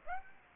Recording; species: mosquito wingbeat signal from an infrared sensor; Aedes aegypti